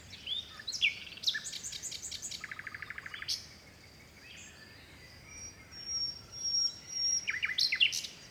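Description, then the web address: Bird song: sweeping whistles, a rapid stuttering trill of even notes, then scattered high twittering phrases after a quiet gap. Forest birds in a Mediterranean forest by the sea in Greece, early morning in spring. "2019-Game Audio Bundle West Wolf - Seaside Nature And Waves - Nature Forest Birds Wind Early Morning Spring Distant Sea Mediterranean Grece"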